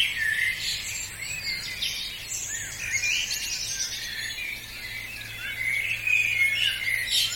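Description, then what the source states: Birds in a busy dawn chorus, countless overlapping chirps and warbles forming a steady, high-pitched backdrop. Dawn chorus, recorded by Tom Hutchings.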